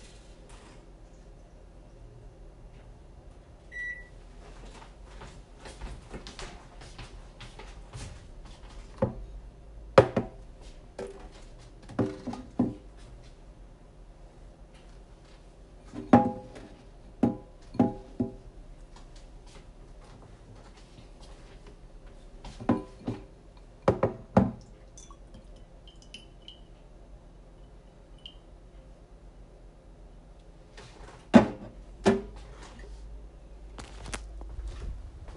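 Banana bread being made: scattered clicks, taps and knocks of utensils and containers over a steady low hum. Short clusters of clatter come around 9–12 seconds, 16–18, 23–25 and 31–33, with quieter stretches between.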